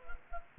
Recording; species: mosquito wingbeat signal from an infrared sensor; Culex quinquefasciatus